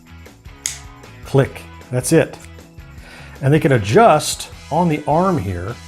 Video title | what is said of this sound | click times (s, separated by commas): Ossii Sound Bone Conduction Glasses Review - Function over Form? | needs instructions look at that put it right in place click | 0.7 s